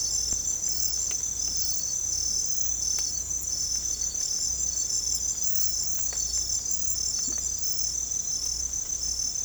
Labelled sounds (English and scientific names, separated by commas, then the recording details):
none
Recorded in secondary vegetation near Puerto Asís, Putumayo, Colombia, on 18 December 2024 at 01:30
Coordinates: 0.468, -76.324
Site G095